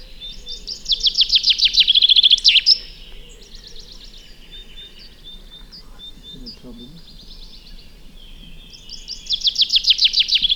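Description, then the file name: Common chaffinch song: a bright descending rattle ending in a terminal flourish, quiet thin notes in between, and a second trill beginning at the end. "Fringilla coelebs"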